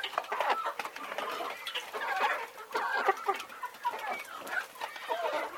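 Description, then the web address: Birds chattering and clucking in irregular bursts, several callers overlapping with short chirps. "audio animali uccelli uccelli birds"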